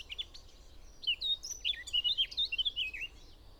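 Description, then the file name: Eurasian blackcap singing a quick warbling phrase of high, twisting notes, louder in its second half, over steady low background noise. "Sylvia atricapilla"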